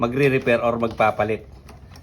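Someone talks while handling a notched door knob spindle for a PVC door, lining it up with the lock catch it will be pushed into. Two faint, short ticks are heard near the end at about 1.7 s and 2.0 s, but nothing has seated or clicked yet; the spindle is still being handled, not yet home.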